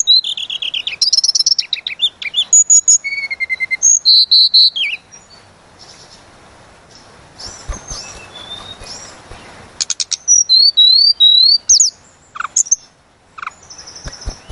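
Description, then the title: Sunda robin song: bright whistled trills and slurred high notes, a lull of faint sounds midway, then more looping whistles and a sustained high note. Lure recording of Sunda robin used to provoke birds into excited singing and make them deliver their full learned repertoire. "Pancingan Tledekan Gunung Agar Emosi Bongkar Isian"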